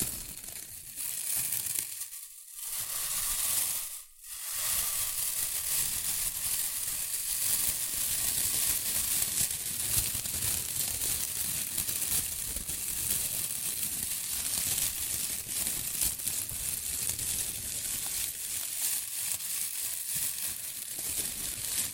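Shredded tissue and packing peanuts rustle and crinkle in a dense, continuous crackle that is bright and hissy. Two brief pauses break it near the start, around two and four seconds, after which the crinkling runs steadily to the end.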